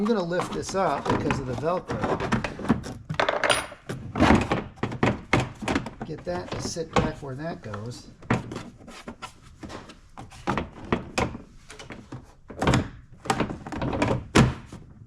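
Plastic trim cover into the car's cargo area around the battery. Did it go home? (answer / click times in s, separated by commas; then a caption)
no / none. After a battery swap on a 2013–2018 Ford C-Max, a plastic trim cover in the cargo area around the battery is lifted because of the Velcro and set back into its spot while someone talks. Short handling thunks and knocks come through, but nothing has seated or clicked yet.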